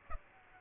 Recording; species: mosquito wingbeat signal from an infrared sensor; Aedes aegypti